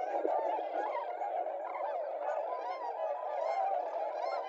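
Tundra swans in a massed flock, many overlapping mellow hoots and yelps forming a steady, unbroken babble, with faint higher chirps above.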